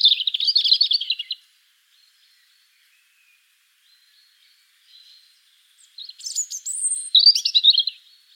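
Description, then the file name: European robin singing a short tumbling warble, a long silent pause, then a thin high whistle and another fast warbled phrase. "Erithacus rubecula"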